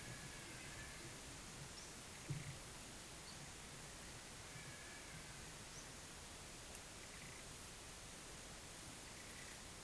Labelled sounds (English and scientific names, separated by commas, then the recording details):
none
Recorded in pastures near Puerto Asís, Putumayo, Colombia, on 29 June 2025 at 11:00
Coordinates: 0.486, -76.323
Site H29